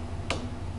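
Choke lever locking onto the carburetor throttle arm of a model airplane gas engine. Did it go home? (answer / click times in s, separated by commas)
yes / 0.3 s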